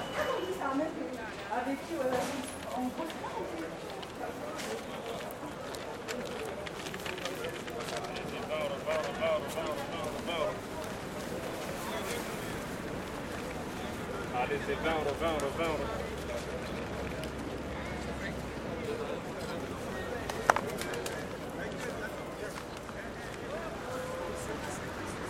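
Street hawkers work a busy station forecourt, surrounded by a steady, dense murmur of many voices talking over one another. A low engine rumble passes beneath the crowd early on and again in the middle, and a sharp knock cuts through near the twentieth second.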